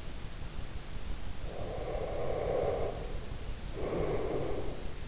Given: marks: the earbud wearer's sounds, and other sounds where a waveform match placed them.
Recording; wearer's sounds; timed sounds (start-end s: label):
sounds in sleep by an in-ear microphone; breath
1.62-4.76 s: breath